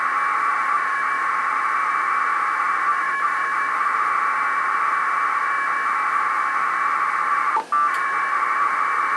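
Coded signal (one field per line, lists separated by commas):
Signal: packet radio (AX.25, as in APRS)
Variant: 1200 baud AFSK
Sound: steady harsh warbling data tone, briefly broken by a short gap and click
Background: radio static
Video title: HTTP over IP over AX.25 Packet Radio at 1200 Baud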